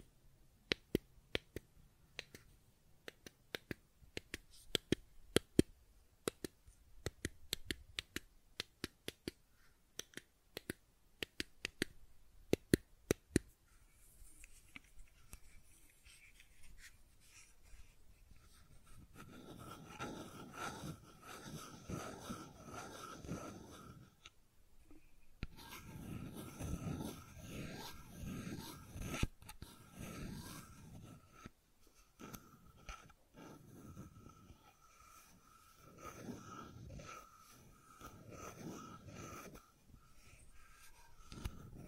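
Sharp clicks from a fidget cube come in quick, uneven bursts for the first thirteen seconds, some sounding nearly like finger snaps. After a brief lull, denser, softer tapping and rubbing clatter fills most of the rest, with short pauses near 25 and 32 seconds.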